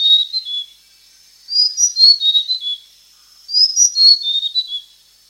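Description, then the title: Blue-crowned hanging parrot uttering sharp, high-pitched whistled notes in quick descending clusters, about every two seconds, over a quiet background. "SERINDIT"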